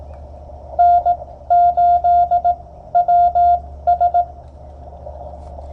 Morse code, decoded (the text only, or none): N8WS